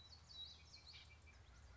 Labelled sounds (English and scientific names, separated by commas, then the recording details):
Common Yellowthroat (Geothlypis trichas)
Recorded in Sonoma County, California